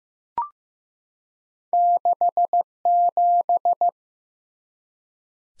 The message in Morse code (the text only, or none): 67